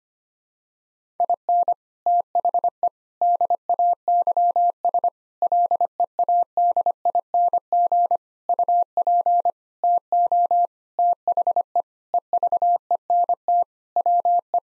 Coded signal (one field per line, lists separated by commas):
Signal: Morse code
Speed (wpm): 25 wpm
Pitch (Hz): 700 Hz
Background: none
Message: IN THE DAYS LEADING UP TO THE EVENT WE